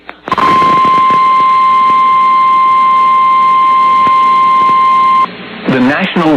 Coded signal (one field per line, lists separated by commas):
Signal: Emergency Alert System (SAME) tones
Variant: 1050 Hz attention tone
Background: speech